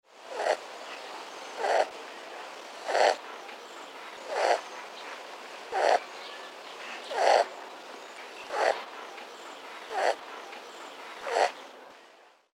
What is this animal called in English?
European Hare